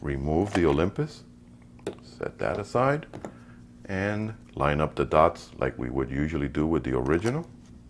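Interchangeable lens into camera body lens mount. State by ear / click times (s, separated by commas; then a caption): not seated / none. Someone talks while an Olympus lens is removed from an Olympus Pen-F Micro Four Thirds camera body and set aside, and a third-party 12-32 mm lens with electrical contacts is lined up dot to dot with the lens mount. Speech fills most of the clip with quiet gaps between phrases. Nothing has seated or clicked yet; the lens is still being handled when the clip ends.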